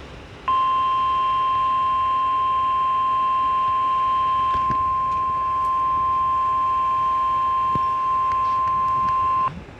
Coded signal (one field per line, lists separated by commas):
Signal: Emergency Alert System (SAME) tones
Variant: 1050 Hz attention tone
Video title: EAS #15: Severe TSTM Warning